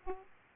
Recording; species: mosquito wingbeat signal from an infrared sensor; Aedes aegypti